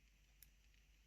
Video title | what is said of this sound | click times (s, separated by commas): Ugandan Knuckles for Moonshine Animations | that just pops out | 0.4 s